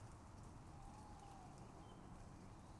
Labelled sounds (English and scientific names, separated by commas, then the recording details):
Tawny Owl (Strix aluco)
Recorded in Germany
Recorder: ecoPi